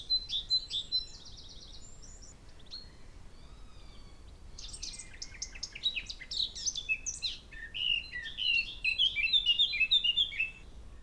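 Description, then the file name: Eurasian blackcap singing a jumbled, bright warble, a brief pause with thin whistles, then a louder burst of quick chattering notes. "Sylvia atricapilla"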